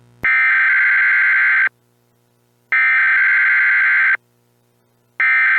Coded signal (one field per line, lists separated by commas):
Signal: Emergency Alert System (SAME) tones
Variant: header bursts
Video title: EAS Scenario: Silent Phantoms Part II